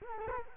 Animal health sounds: mosquito wingbeat signal from an infrared sensor; Culex quinquefasciatus

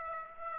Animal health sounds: mosquito wingbeat signal from an infrared sensor; Aedes aegypti

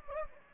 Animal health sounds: mosquito wingbeat signal from an infrared sensor; Anopheles gambiae

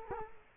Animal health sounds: mosquito wingbeat signal from an infrared sensor; Culex quinquefasciatus

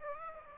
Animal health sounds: mosquito wingbeat signal from an infrared sensor; Aedes aegypti

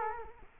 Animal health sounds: mosquito wingbeat signal from an infrared sensor; Culex quinquefasciatus

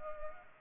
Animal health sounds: mosquito wingbeat signal from an infrared sensor; Culex pipiens

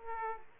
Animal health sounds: mosquito wingbeat signal from an infrared sensor; Aedes aegypti

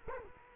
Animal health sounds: mosquito wingbeat signal from an infrared sensor; Culex quinquefasciatus

